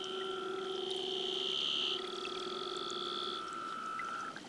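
Leopard seal giving several long, steady tones at low, middle and high pitch that overlap, each lasting a few seconds.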